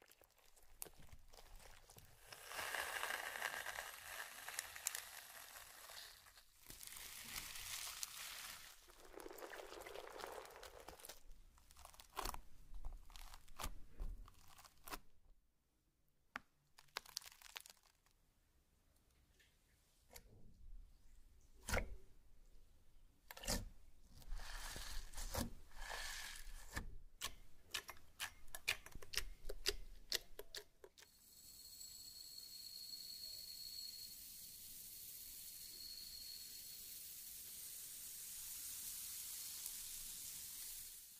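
Slime and crayon sounds with tapping: sticky, squelching crinkles and bright scratchy swipes come in irregular bursts, then sharp scattered taps from about 15 to 31 seconds. The last ten seconds settle into a steady, even hiss.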